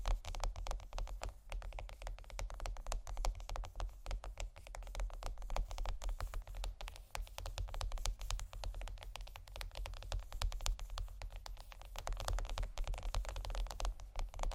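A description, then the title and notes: Dense scratching and tapping on chocolate, a steady run of quick, crisp clicks and rasps packed tightly together throughout. A low, constant rumble sits underneath the whole time. The busy texture holds fairly even, with brief lulls and bursts of harder taps. ASMR Chocolate Scratching & Tapping Low Lights（No Talking）.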